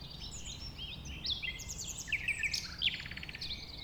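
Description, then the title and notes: Common nightingale song: quick varied chirps and short whistled phrases with a brief run of repeated sharp notes, over steady background noise. A nightingale that settled with a few others on the banks of a stream forming a pond, 1500 m from the A20 road, recorded around 8 am on Sunday 12 April. "un rossignol venu avec quelques autres s'installer sur les rives d'un ruisseau formant un étang à 1500 mètres de l'A 20. Ces moments ont été enregistrés vers 8h le dimanche 12 avril."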